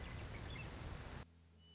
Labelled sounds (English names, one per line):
Western Meadowlark